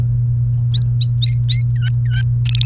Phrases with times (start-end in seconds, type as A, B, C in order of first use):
0.74-1.62 A, 1.75-2.22 B, 2.45-2.65 C